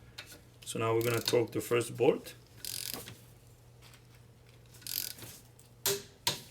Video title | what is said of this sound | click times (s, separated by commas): Mercedes / Dodge Sprinter Front Brake Pads and Rotor Replacement: Step by Step Guide | so right there I hope you can hear the torque wrench click | 5.9 s, 6.3 s